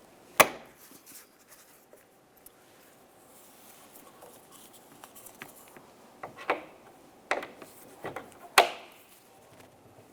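A rear lift glass gas support strut on a 2000–2006 Chevrolet Tahoe is pressed onto its ball studs on the liftgate and body. Sharp clicks at 0.4 s and 8.6 s mark its end sockets snapping onto the studs, with softer taps and rubbing in between. Both ends are seated.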